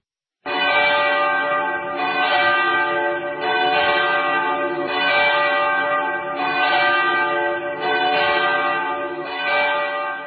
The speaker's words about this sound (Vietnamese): Tiếng chuông nhà thờ lớn Hà Nội dục dã vang lên chỉ một ngày trước lễ Giáng sinh năm 1959